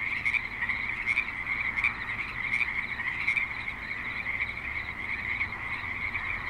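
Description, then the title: Frog chorus of many overlapping high-pitched croaking trills, continuous throughout, with soft background hiss. Frogs calling at a creek in suburban Spanish Springs, Nevada, USA. "Frogs in Spanish Springs, NV - creek view"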